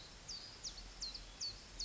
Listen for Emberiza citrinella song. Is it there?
no